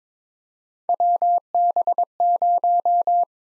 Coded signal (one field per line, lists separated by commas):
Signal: Morse code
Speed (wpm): 22 wpm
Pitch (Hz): 700 Hz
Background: none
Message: WB0